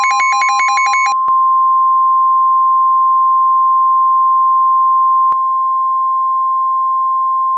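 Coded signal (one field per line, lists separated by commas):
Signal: Emergency Alert System (SAME) tones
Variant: 1050 Hz attention tone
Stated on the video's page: Fictional blizzard EAS scenario made with KineMaster and a narrator voice app.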